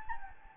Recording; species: mosquito wingbeat signal from an infrared sensor; Anopheles gambiae